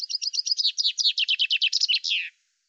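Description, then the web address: Common chaffinch song: a rapid run of bright chipping notes, ending in a short descending flourish, then silence. "Deverinetal 2025 File cleaned normalized Bird Fr Co"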